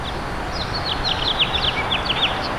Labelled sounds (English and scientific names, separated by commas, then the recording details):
House Finch (Haemorhous mexicanus) song
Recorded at Babylon on Long Island, New York, on 18 May 2013
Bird D